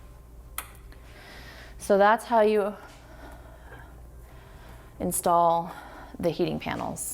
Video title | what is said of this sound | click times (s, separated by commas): Truffly made Universal depositor set up tutorial | push forward until it locks in place | 0.6 s